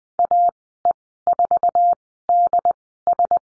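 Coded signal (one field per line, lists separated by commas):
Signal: Morse code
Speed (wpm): 20 wpm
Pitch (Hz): 700 Hz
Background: none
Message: AE4DS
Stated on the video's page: Morse lesson on the letter D in call signs, Farnsworth spacing 20/10 wpm.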